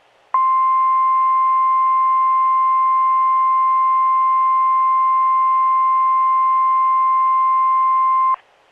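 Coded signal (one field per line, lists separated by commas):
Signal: Emergency Alert System (SAME) tones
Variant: 1050 Hz attention tone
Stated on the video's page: Fictional EAS scenario compilation styled as NOAA weather radio alerts, recorded on a phone via noaaweatherradio.org; not a real alert.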